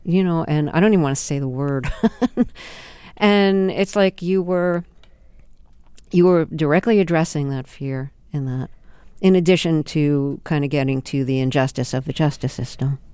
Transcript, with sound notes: You know, and I don't even want to say the (laughter) And it's like you were directly addressing that fear in that in addition to kind of getting to the injustice of the justice system.